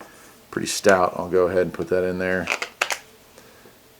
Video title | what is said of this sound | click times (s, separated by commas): Retevis NR30 10 Watt GMRS Radio | that just locks into place | 2.8 s